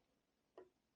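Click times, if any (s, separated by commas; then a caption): 0.6 s. A plastic wiring connector for an LED indicator fix, addressing the hyperflash issue on a 2009 Harley-Davidson Dyna FXD, is pushed into its mating plug under the motorcycle fender. It seats with one small, sharp click at 0.6 s against a quiet background. The connector is fully seated.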